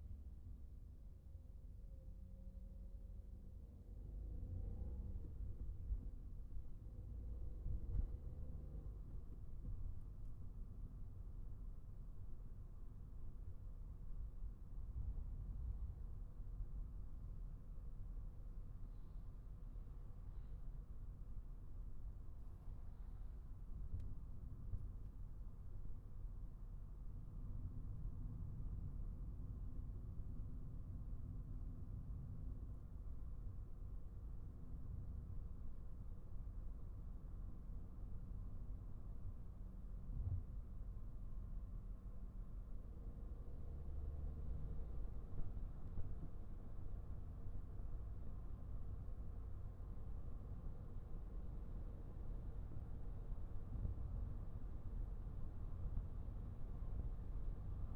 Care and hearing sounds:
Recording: everyday scene through a hearing-aid microphone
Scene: in a vehicle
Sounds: engine, traffic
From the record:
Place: Skoda Fabia, gasoline engine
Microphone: behind the ear, right, rear

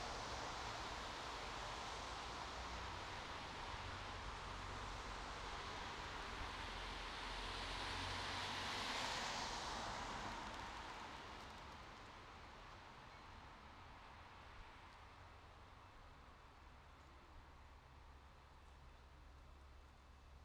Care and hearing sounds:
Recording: everyday scene through a hearing-aid microphone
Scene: in traffic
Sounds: traffic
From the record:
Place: bus stop on a city main road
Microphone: in the ear canal, right

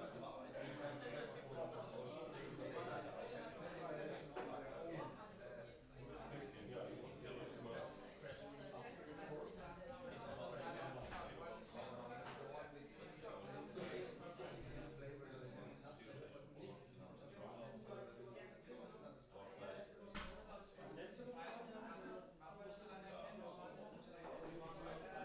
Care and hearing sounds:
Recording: everyday scene through a hearing-aid microphone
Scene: many people talking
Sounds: many voices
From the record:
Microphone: behind the ear, left, rear

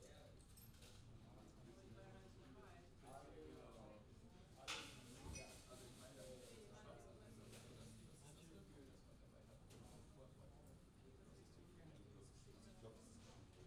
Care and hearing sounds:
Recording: everyday scene through a hearing-aid microphone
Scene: many people talking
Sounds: many voices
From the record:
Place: university cafeteria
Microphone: in the ear canal, left

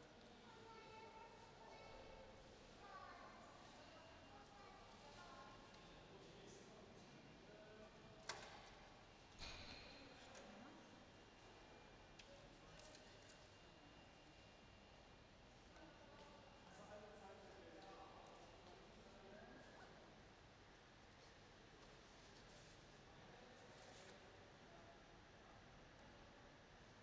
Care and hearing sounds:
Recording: everyday scene through a hearing-aid microphone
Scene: reverberant space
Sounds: background noise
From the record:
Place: railway station hall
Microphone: in the ear canal, left

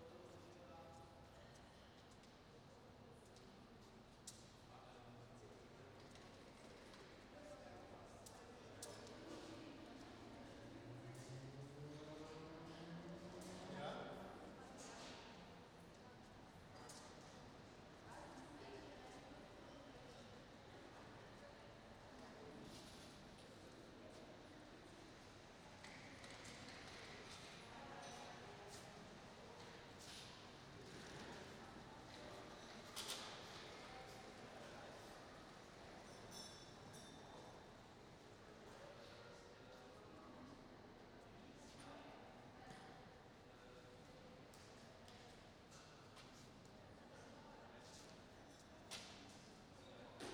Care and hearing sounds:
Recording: everyday scene through a hearing-aid microphone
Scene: reverberant space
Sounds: background noise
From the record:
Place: railway station hall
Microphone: in the ear canal, right

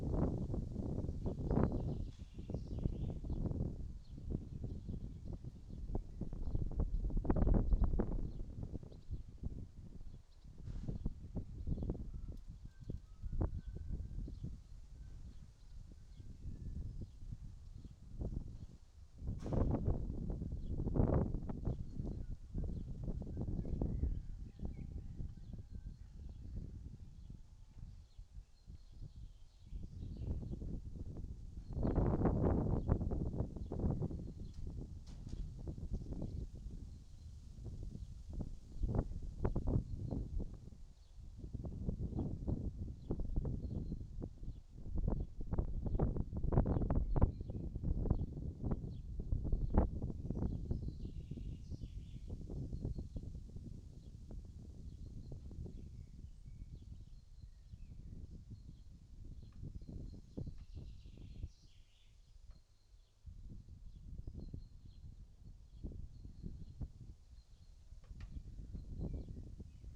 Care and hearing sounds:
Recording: everyday scene through a hearing-aid microphone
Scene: wind on the microphone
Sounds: wind, other noises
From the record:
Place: in front of a rural house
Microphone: in the ear canal, right

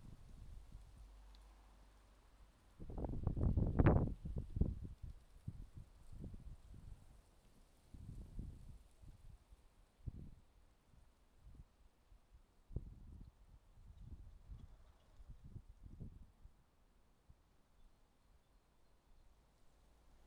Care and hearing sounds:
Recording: everyday scene through a hearing-aid microphone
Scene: wind on the microphone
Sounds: wind, traffic, birds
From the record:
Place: suburban garden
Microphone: in the ear canal, left

